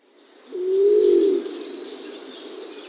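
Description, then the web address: Laurel pigeon giving a single low, drawn-out coo lasting about a second. Male bird in display. "Schulze Peter Laurel Pigeon"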